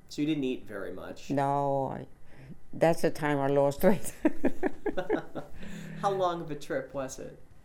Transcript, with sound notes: So you didn't eat very much.
No. I, that's the time I lost weight. (they laugh)
How long of a trip was it?